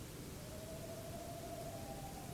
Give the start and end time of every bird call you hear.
[0.35, 2.33] Tawny Owl

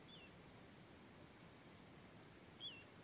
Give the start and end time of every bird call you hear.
[0.08, 0.29] Little Ringed Plover
[2.61, 2.83] Little Ringed Plover

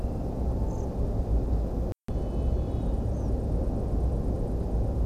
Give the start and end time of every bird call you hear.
[0.66, 0.85] European Pied Flycatcher
[3.11, 3.29] European Pied Flycatcher

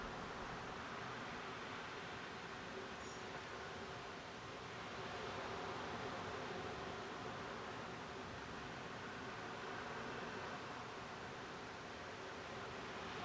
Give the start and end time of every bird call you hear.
[3.00, 3.23] European Pied Flycatcher

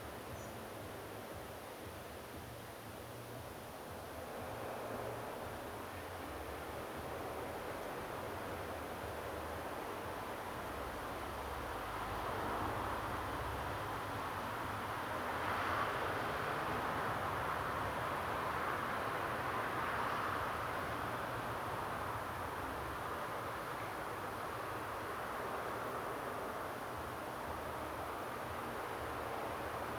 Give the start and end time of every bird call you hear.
[0.34, 0.50] European Robin

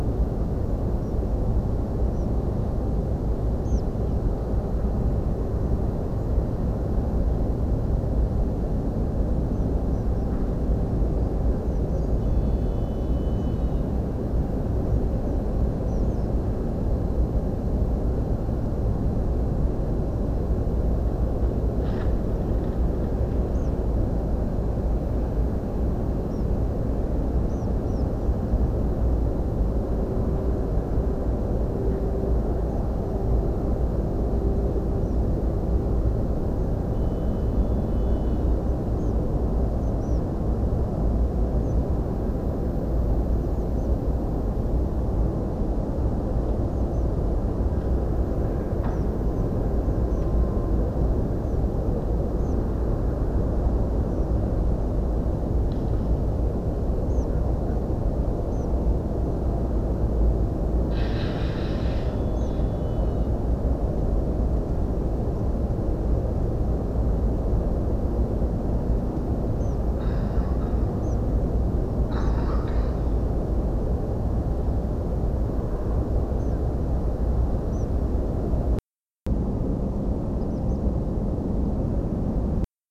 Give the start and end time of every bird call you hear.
[2.14, 2.26] Tree Pipit
[3.65, 3.81] Tree Pipit
[9.54, 9.64] Tree Pipit
[9.93, 10.25] Tree Pipit
[11.65, 12.00] Tree Pipit
[13.38, 13.46] unidentified bird
[15.26, 15.38] European Pied Flycatcher
[15.87, 16.26] European Pied Flycatcher
[16.04, 16.16] Tree Pipit
[23.55, 23.69] Tree Pipit
[26.30, 26.43] European Pied Flycatcher
[27.49, 28.02] Tree Pipit
[38.99, 39.12] unidentified bird
[39.81, 39.90] unidentified bird
[40.01, 40.20] Tree Pipit
[41.62, 41.73] unidentified bird
[43.50, 43.87] Tree Pipit
[46.70, 47.05] Tree Pipit
[48.90, 49.04] Tree Pipit
[49.33, 49.42] Tree Pipit
[50.09, 50.25] Tree Pipit
[51.41, 51.59] Tree Pipit
[52.39, 52.54] Tree Pipit
[54.09, 54.27] Tree Pipit
[57.09, 57.25] Tree Pipit
[58.52, 58.65] Tree Pipit
[62.36, 62.51] Tree Pipit
[69.60, 69.75] Tree Pipit
[71.03, 71.15] Tree Pipit
[72.19, 72.31] unidentified bird
[76.39, 76.55] Tree Pipit
[77.72, 77.86] Tree Pipit
[80.41, 80.77] Tree Pipit

